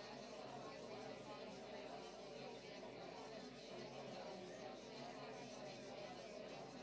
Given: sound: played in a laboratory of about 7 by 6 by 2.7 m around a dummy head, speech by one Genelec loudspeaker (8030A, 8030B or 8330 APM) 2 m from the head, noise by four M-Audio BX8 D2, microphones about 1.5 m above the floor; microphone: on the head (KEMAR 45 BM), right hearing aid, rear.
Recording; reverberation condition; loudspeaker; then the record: babble noise; low; four, about 170 cm from the corners of the room and facing them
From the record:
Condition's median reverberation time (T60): about 310 ms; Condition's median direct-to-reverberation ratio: about 3.5 dB